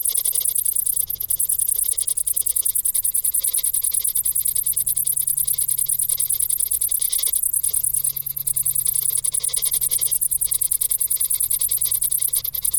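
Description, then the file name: Crickets trilling in a constant high, pulsing chorus. "Grillen"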